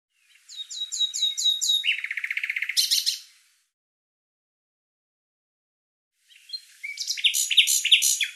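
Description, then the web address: Bird singing a run of quick, repeated high chirps that turns into a rapid buzzy trill, then, after a long silence, a dense burst of sharp notes. "cianscape birddata Deverinetal 2025 Bird Lu Me Lu Me"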